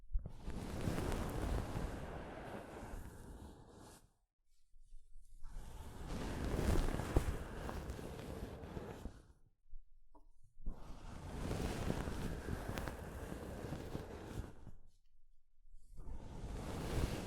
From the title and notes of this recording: ASMR Mic Brushing using Soft Fabric (No Talking).